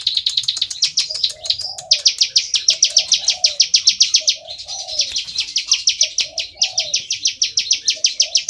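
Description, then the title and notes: Bar-winged prinia delivering bursts of rapid high chips that stutter and restart, accompanied by a soft repeated low coo. Continuous calling in the style called ngebren, used as tutor audio (masteran) for training oriental magpie-robins. "Ciblek Ngebren Untuk Masteran Murai Batu. Suara burung ciblek - Suara Nada"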